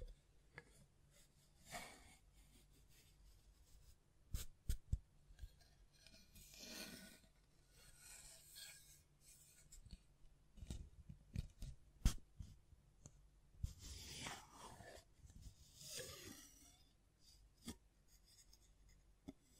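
Hands scratch, rub and brush against the mic in irregular bursts, with sharp taps around five and twelve seconds over a low hum.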